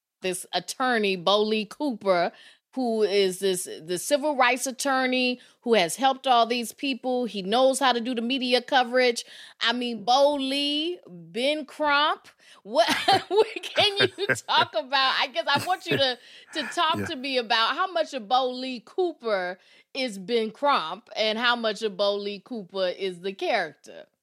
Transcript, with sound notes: This attorney, Beau Lee Cooper, who is this civil rights attorney who has helped all these people, he knows how to do the media coverage. I mean, Beau Lee, Ben Crump, what (laughter) can you talk about - I guess I want you to talk to me about how much of Beau Lee Cooper is Ben Crump, and how much of Beau Lee Cooper is the character?